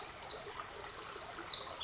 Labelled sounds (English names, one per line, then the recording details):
Pacific Wren
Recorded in Sonoma County, California